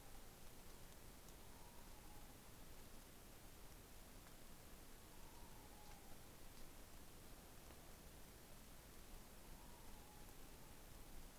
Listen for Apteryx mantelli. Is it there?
no